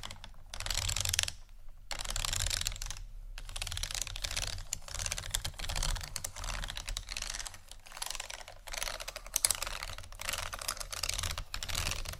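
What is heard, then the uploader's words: Beads and pearls clatter and trickle in a dense, continuous stream of tiny bright clicks. Short gaps break the flow near the start, around one and a half and three seconds, before the rattling resumes steadily with a faint low rumble underneath. ASMR Beads And Pearls（No Talking）.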